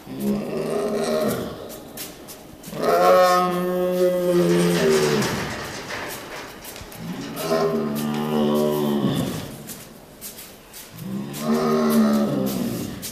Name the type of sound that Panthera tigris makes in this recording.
growling